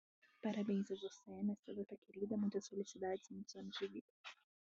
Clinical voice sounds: short text; Brazilian Portuguese; female; 20 to 29 years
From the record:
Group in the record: control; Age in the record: 22 years

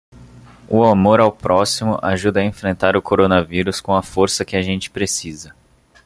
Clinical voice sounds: spoken sentence; Brazilian Portuguese; male; 20 to 29 years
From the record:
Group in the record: control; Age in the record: 22 years

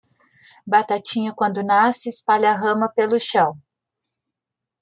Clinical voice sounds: short text; Brazilian Portuguese; female; 30 to 39 years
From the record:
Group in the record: control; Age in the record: 36 years

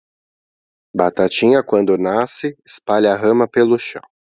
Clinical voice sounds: short text; Brazilian Portuguese; male; 30 to 39 years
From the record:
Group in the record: control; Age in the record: 30 years

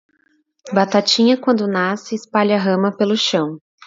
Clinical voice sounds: short text; Brazilian Portuguese; female; 30 to 39 years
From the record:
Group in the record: control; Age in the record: 34 years

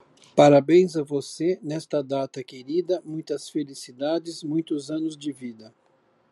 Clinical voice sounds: short text; Brazilian Portuguese; male; 60 to 69 years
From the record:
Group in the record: control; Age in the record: 64 years

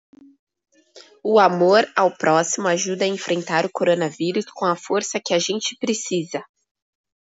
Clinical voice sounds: spoken sentence; Brazilian Portuguese; female; 20 to 29 years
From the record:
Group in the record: control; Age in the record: 29 years

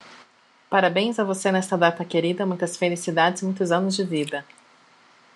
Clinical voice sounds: short text; Brazilian Portuguese; female; 30 to 39 years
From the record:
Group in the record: control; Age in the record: 31 years

